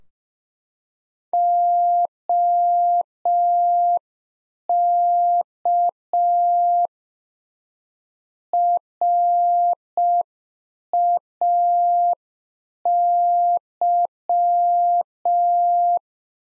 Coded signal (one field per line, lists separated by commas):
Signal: Morse code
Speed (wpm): 5 wpm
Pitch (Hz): 700 Hz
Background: none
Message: OK RAY